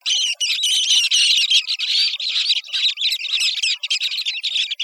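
Western sandpiper giving rapid, high, squeaky chirps in quick bursts, a steady twittering chatter with short gaps.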